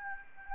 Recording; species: mosquito wingbeat signal from an infrared sensor; Aedes albopictus